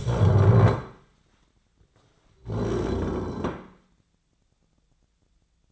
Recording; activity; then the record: daily activity, microphone in the room; stand up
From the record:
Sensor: 3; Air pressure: 1009.2 hPa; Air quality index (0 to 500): 186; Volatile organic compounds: 3 ppm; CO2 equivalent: 1504 ppm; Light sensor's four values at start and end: 51/130/57/58 and 34/85/39/40